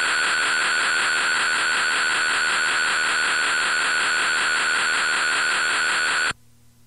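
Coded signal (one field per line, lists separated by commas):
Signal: computer data on cassette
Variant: Intellivision Keyboard Component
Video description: First two minutes of a blank Intellivision Keyboard Component BASIC data storage cassette.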